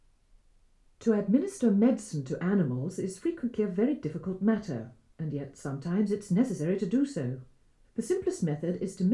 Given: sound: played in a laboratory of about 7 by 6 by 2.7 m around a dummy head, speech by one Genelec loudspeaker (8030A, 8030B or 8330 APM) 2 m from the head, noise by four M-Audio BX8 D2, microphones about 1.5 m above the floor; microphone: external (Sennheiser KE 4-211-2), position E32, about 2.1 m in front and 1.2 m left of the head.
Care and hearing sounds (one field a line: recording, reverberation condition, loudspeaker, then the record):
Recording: female speech in English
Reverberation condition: low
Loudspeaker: 30 degrees to the left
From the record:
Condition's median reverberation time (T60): about 310 ms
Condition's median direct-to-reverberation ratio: about 3.5 dB